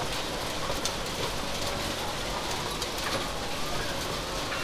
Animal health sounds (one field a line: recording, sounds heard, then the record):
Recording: poultry house recording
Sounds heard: healthy chickens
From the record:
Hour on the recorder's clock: 17